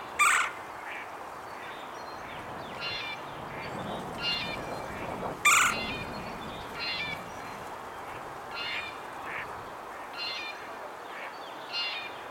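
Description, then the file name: Red-bellied woodpecker calls: two loud harsh notes among many softer scattered calls. "Melanerpes carolinus - Red-bellied Woodpecker"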